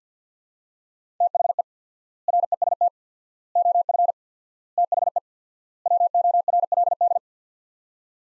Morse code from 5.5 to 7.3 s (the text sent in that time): WORLD